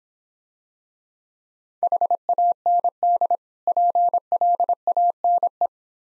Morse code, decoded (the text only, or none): HAND PLANE